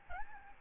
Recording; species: mosquito wingbeat signal from an infrared sensor; Aedes albopictus